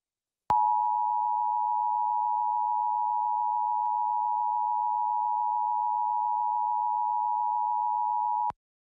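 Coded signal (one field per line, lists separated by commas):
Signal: Emergency Alert System (SAME) tones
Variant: 853 and 960 Hz attention tone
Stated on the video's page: Emergency alert tests recorded off air from various broadcast stations, some from long unattended recordings.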